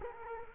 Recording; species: mosquito wingbeat signal from an infrared sensor; Culex quinquefasciatus